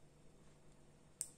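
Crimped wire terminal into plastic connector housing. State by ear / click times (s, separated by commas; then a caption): seated / 1.2 s. A green wire's crimped terminal is pushed, protruding side toward the hole, into a plastic connector housing. After a quiet stretch with a low steady hum, a single sharp, bright click sounds at 1.2 s and fades quickly. The terminal is seated in the housing.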